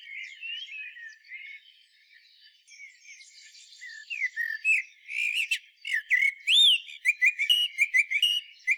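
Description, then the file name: Common blackbird song: quiet, scratchy warbled notes that grow louder into fluted whistles and sharp, high squeaks and twitters toward the end. "Turdus merula"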